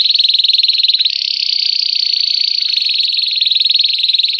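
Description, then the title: Canary song heard as a continuous fast, even bell-like trill at a high pitch. Pure bell song with pauses, for training. "Canto Canário Belga Campainha Puro Com Pausa Para Treinamento"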